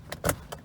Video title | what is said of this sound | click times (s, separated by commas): How To Disable Dodge Ram Seat Belt Chime Disable | now quickly unlatch | 0.3 s